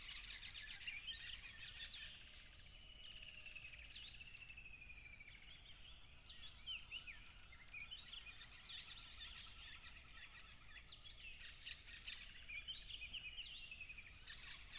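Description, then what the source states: Crickets keep up a steady piercing drone for the whole stretch while birds chirp, whistle and twitter. Loud crickets at a tropical river.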